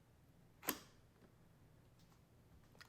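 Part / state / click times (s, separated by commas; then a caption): robot vacuum part into base / seated / 0.7 s. A mopping attachment is pressed into the base of an iHome Autovac Halo robot vacuum, giving one sharp click at 0.7 s that rings briefly over a low background hum. A fainter tick follows at 2.8 s, and the attachment is seated in the base.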